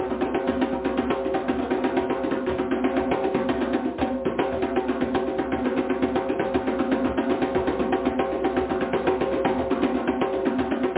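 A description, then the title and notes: Drumming in a dense, continuous stream of rapid hits that barely pause across the whole stretch. The level stays steady throughout, with a ringing midrange tone running beneath the beats and a dull, muffled top end. DRUMMING.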